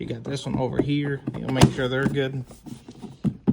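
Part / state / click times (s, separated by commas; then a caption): plastic panel tabs into ride-on go-kart body / seated / 3.5 s. Someone talks while pushing the tabs of a plastic panel into the slots on the plastic body of a Radio Flyer Ultimate Kart ride-on go-kart. A faint tap is heard at 2.9 s, and a sharp snap at 3.5 s as the tabs seat into the kart body.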